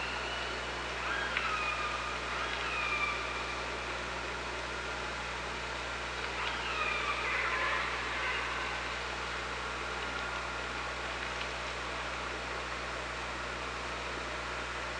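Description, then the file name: Killer whale calls, two clusters of descending squeals and drawn-out tones early and midway, then quiet hiss and a low hum. Hydrophone at OrcaLab, 24 August 2017, around 15:31. "Orca Lab 20170824 153113"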